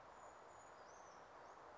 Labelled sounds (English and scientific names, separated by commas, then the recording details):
Brown Creeper (Certhia americana)
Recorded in Sonoma County, California